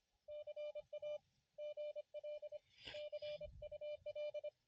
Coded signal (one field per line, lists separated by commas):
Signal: Morse code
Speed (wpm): 27 wpm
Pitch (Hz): 600 Hz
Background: none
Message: CA GL CUL